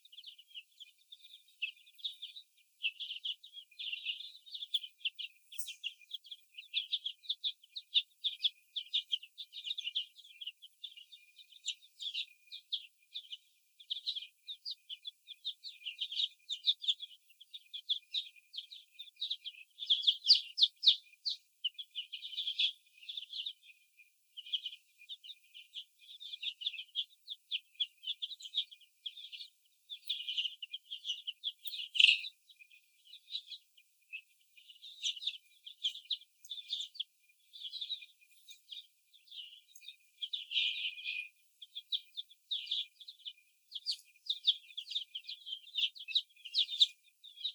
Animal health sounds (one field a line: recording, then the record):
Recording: young laying hens in a cage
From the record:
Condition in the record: before the stressor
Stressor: sudden umbrella opening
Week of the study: 2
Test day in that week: 1